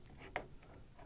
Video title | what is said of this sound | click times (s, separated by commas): Unboxing and First Impressions of Bambu Lab P1S Combo 3D Printer | there now it locks beautiful | 0.4 s